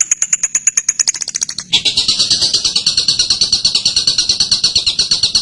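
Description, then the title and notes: Bird delivering rapid high chips that soften and drop slightly in pitch, then settle into a steady stream of fuller repeated notes. Masteran training material for birds to learn calls. "MASTERAN BURUNG. suarane manok"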